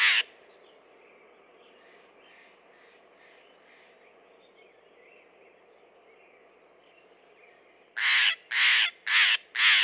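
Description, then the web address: Steller's jay giving one harsh rasping call at the start, then, after a quiet stretch of soft background notes, four quick grating calls in rapid succession near the end. Western North America. "Dan Gibson Wildlife Identification By Sound, Western North America. Steller's Jay"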